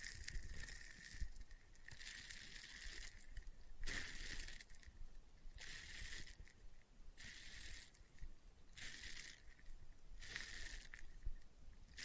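Experimental triggers in test tubes: bright, hissy rattling bursts repeat about every one and a half seconds, separated by quieter crackly tapping and low rumble.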